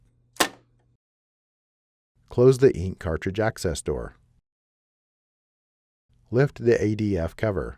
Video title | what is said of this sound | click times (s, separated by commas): HP Printers: Tips and tricks for preventing paper jams in HP OfficeJet Pro 6900 printers | reinsert the paper path cover until it snaps into place | 0.4 s